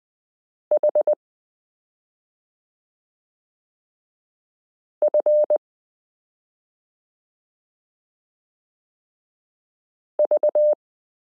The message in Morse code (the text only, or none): H F V